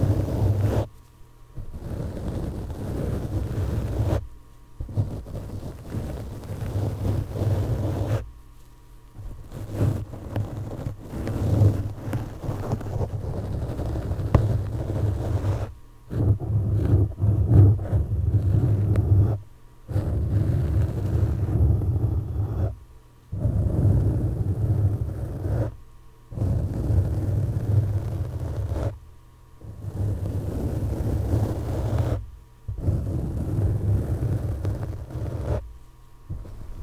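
Gloved fingers scratch and rub across a microphone in long, rough bursts, each several seconds long and broken by brief silences. The scraping is close and heavy, with a deep booming rumble underneath and a coarse hiss on top.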